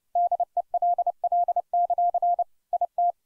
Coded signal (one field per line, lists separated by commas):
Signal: Morse code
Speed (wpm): 30 wpm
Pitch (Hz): 700 Hz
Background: none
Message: DELL; IT